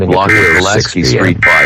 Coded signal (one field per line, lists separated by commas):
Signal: Emergency Alert System (SAME) tones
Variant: end-of-message bursts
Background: speech